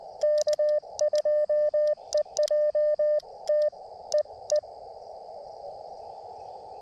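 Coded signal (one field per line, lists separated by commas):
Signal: Morse code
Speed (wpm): 19 wpm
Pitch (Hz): 590 Hz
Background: radio noise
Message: K2EJT EE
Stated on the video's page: Early morning CW park activation with Elecraft KX2 and Gabil GRA-7350TC antenna; key sounds exaggerated loud by close camera.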